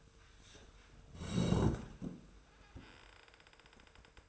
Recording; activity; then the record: daily activity, microphone in the room; sit down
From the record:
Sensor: 2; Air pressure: 1005.0 hPa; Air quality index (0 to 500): 100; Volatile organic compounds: 2 ppm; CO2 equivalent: 1214 ppm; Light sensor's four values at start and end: 7/17/7/7 and 7/17/7/7